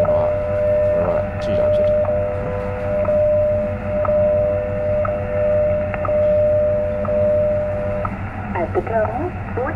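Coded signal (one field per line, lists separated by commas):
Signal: radio time signal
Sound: steady mid-pitched tone with a short tick-like break each second, about seven seconds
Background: radio static, brief voices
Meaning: Second markers for checking and setting the chronometer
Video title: Taking time signal for chronometer via MF HF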